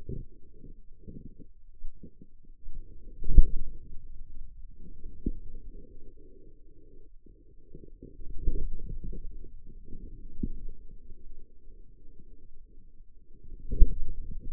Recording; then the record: forearm muscle sounds (acoustic myography)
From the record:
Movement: inward rotation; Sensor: system 2, bracelet of six BSWA MPA416 microphones around the upper forearm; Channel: 5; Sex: male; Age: 22 years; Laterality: right